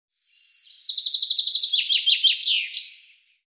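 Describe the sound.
Bird song: a fast run of bright high repeated notes, then a few lower slurred notes dropping in pitch, ending in a short flourish; no other sounds.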